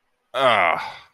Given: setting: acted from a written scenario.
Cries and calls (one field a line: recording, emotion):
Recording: vocal sound without words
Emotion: contempt